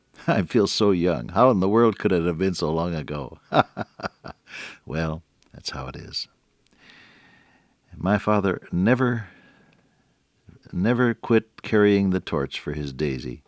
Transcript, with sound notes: I feel so young. How in the world could it have been so long ago? [chuckle] Well, that’s how it is. My father never quit carrying the torch for his Daisy.